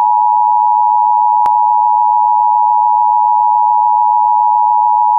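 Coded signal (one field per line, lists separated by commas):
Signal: Emergency Alert System (SAME) tones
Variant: 853 and 960 Hz attention tone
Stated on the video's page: Mock severe thunderstorm watch followed by a warning, a simulated rather than real alert.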